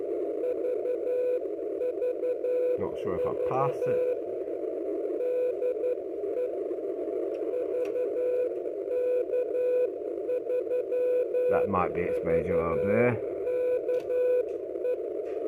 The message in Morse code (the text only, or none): VVV DE VK3VKE